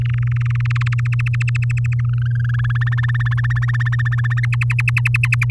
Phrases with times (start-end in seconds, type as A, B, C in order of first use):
0.01-0.94 A, 0.98-1.94 B, 1.99-2.89 C, 2.92-4.45 D, 4.52-5.45 E